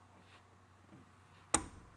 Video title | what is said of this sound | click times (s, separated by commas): Cessna oil change and spark plugs changed part 1 (part 2 is the finish) | Alright, there's our click, and it was part of a continuous, so we know that's fine. | 1.5 s